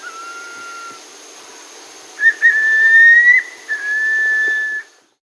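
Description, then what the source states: Striolated puffbird giving a song of long, clear whistles: a faint level note first, then brief pick-up notes leading into a slightly rising drawn-out whistle and a steady final one. South America.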